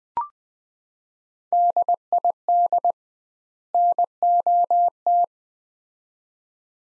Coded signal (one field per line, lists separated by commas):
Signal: Morse code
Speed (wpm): 20 wpm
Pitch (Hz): 700 Hz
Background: none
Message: DID NOT